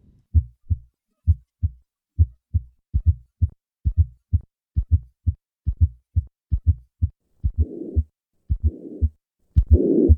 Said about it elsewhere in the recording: Ebstein Anomaly. Listen to the murmur of tricuspid regurgitation accompanied by a fourth heart sound. I will begin with normal heart sounds and then add the fourth heart sound and finally the murmur of tricuspid regurgitation.